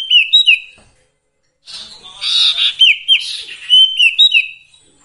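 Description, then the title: Sirtu song of sharp, downslurred whistles and dense chattering notes, with the whistles repeated quickly in the second half. Varied song used for training songbirds. "Masteran Sirtu Full Variasi"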